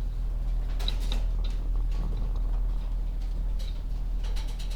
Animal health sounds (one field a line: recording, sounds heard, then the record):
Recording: poultry house recording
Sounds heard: sick chickens (respiratory disease)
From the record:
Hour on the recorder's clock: 11